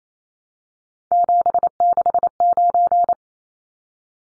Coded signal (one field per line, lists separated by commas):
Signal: Morse code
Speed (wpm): 28 wpm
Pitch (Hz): 700 Hz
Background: none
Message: 769